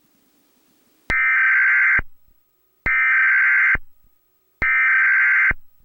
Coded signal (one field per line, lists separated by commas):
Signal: Emergency Alert System (SAME) tones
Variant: header bursts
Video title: EAS Scenario // SCP-354 Expanding